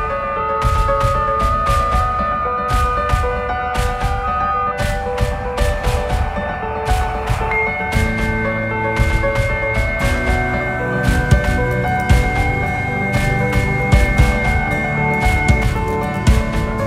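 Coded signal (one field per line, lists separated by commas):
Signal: FT8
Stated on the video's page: FT8 at QRP power.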